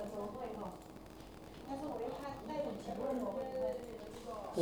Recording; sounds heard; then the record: poultry house recording; no chicken sound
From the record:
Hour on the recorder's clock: 13